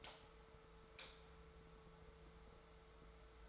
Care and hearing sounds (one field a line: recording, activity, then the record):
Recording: daily activity, microphone in the room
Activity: light on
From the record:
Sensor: 3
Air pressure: 1014.5 hPa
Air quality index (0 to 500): 180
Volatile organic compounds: 18 ppm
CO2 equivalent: 2624 ppm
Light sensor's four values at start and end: 36/90/38/41 and 30/76/32/34